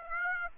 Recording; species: mosquito wingbeat signal from an infrared sensor; Aedes aegypti